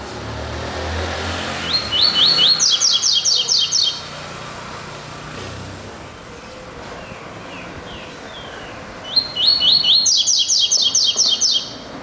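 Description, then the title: Double-collared seedeater song, two bursts of rapid, high, slurred notes becoming a steady chattering trill, heard over a constant background hiss. "Canto Coleiro"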